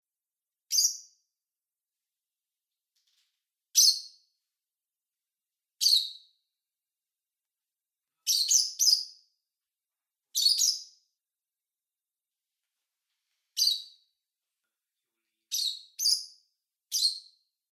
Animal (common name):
Fischer's Lovebird